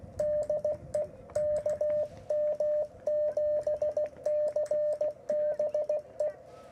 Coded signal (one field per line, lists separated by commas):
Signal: Morse code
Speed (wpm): 16 wpm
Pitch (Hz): 600 Hz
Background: radio noise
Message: DE KM7CBE